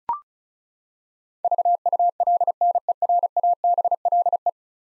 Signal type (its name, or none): Morse code